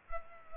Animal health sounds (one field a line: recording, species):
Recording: mosquito wingbeat signal from an infrared sensor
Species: Culex pipiens